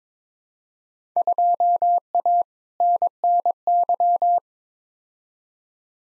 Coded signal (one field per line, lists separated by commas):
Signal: Morse code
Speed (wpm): 21 wpm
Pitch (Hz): 700 Hz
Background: none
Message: 2A NNY